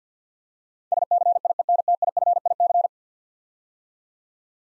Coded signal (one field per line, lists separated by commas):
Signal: Morse code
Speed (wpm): 48 wpm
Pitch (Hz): 700 Hz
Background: none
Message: SCIENTIFIC